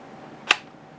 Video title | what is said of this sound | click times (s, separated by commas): So i got 8 batteries for the Sony A7 , how do i pack them ? info down below | you hear the click so it's hold the battery is in place this is not going to fall | 0.5 s